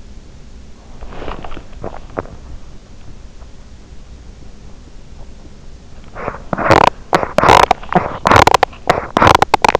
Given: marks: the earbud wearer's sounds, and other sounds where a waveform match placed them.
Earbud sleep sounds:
sounds in sleep by an in-ear microphone; body movement, swallowing, teeth grinding
0.95-1.65 s: body movement
1.71-2.55 s: swallowing
6.11-9.80 s: teeth grinding

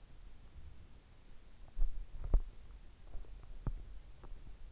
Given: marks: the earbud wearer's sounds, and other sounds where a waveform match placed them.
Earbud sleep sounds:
sounds in sleep by an in-ear microphone; teeth grinding
1.65-2.72 s: teeth grinding
3.09-4.72 s: teeth grinding

